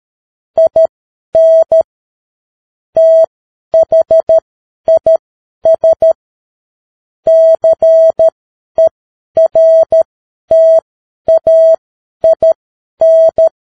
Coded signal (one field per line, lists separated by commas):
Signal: Morse code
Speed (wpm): 13 wpm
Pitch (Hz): 650 Hz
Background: none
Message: IN THIS CERTAIN